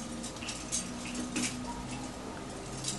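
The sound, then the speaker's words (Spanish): A Mexican tin skeleton ornament dances and clinks softly in the wind, giving a few light, irregular metallic taps and rattles over a steady low hum, with no one speaking. “Esqueleto de chapa mexicano que baila con el viento, cortesía de”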